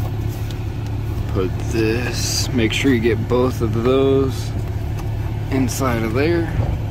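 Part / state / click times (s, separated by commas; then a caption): cabin air filter access cover into HVAC housing behind glove box / not seated / none. A person talks while handling the plastic cabin air filter access cover as it goes into the HVAC housing behind the glove box of a 2014–2019 Chevy Silverado, after the new cabin air filter is in place. A steady low vehicle hum runs underneath, with a brief sharp tick at 0.5 s. The clip ends before the cover is pushed home, so nothing has seated or clicked yet.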